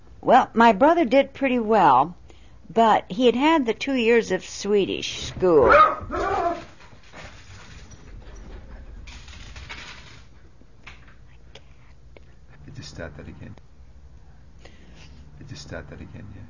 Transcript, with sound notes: Well, my brother did pretty well, but he had had the two years of Swedish school. (A dog barks in the background.)
We'll just start that again.